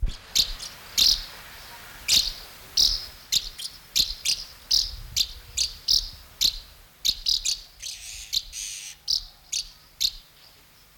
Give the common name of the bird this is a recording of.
Common House Martin